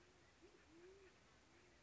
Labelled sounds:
Band-tailed Pigeon (Patagioenas fasciata)
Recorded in Sonoma County, California

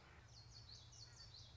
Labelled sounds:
Common Yellowthroat (Geothlypis trichas)
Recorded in Sonoma County, California

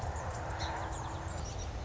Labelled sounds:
Song Sparrow (Melospiza melodia)
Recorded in Sonoma County, California

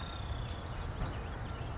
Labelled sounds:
Western Flycatcher (Empidonax difficilis)
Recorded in Sonoma County, California

